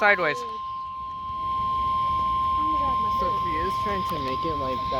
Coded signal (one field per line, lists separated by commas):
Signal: Emergency Alert System (SAME) tones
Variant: 1050 Hz attention tone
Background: speech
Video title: eas alerts from April 15 2024 (read description)